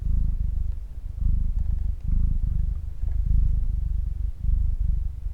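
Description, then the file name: Cat purr, deep and continuous, swelling and easing in rhythmic breaths about once a second, nothing else clearly heard. "freesound cat purr"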